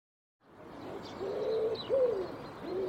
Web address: cianscape birddata Deverinetal 2025 Bird Co Pa Co Pa